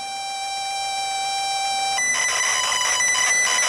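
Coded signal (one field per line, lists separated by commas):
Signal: ZX Spectrum tape loading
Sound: a steady buzzing lead tone for two seconds, then harsh rapid warbling data noise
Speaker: there we go the familiar loading sound so far so good if we get as far as a loading screen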